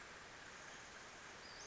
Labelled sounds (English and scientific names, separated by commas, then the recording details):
Western Flycatcher (Empidonax difficilis)
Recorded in Sonoma County, California